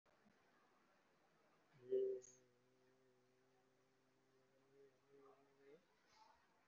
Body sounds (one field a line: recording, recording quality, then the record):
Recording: sustained vowel as in made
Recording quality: moderate, slight background noise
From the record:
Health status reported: COVID-19 positive, moderate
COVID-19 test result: positive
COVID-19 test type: RT-PCR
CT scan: taken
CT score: 5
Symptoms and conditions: cough, breathing difficulty, fever, fatigue, muscle pain, loss of smell and taste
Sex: male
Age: 56 years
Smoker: no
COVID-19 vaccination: both doses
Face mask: worn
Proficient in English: yes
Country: India